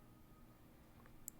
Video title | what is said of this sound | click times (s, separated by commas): my cheap (Grand) Seiko spring drive mod powered by Bulova Precisionist. ⌚🙌👀 | and you'll hear it snap right there that's it | 1.3 s